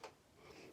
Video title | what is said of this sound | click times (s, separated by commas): How to wind the bobbin on your sewing machine. | hear a little snap so it's under that little tension disk and then | 0.0 s